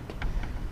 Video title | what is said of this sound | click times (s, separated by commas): Lowrance Ghost Trolling Motor: Unboxing, Installation, and Programming/Calibration | where it actually latched | 0.2 s